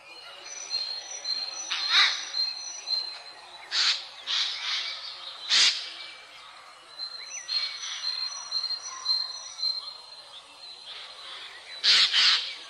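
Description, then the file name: Eurasian jay uttering short, harsh screeching calls at irregular intervals, with thin high whistles in the background. "noetteskrike"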